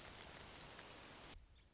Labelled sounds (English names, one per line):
Orange-crowned Warbler